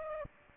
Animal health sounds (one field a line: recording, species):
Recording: mosquito wingbeat signal from an infrared sensor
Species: Aedes aegypti